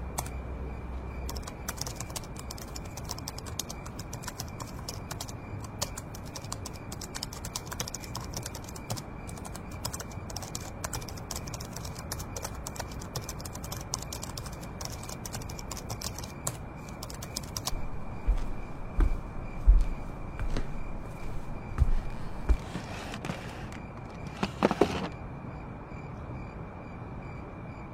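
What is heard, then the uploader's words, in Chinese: Late-night writing and page-turning: a dense, quick patter of pen scratches and small taps runs through most of the clip, over a steady low hum with a thin high whine. After about 18 seconds the scratching thins out, leaving scattered louder rustles and knocks near 20 and 25 seconds. 深夜在宿舍学习 超舒适夜间写字声翻书声。深夜宿舍学习 氛围白噪音。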